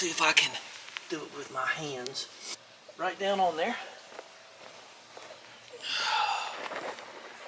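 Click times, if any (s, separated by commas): none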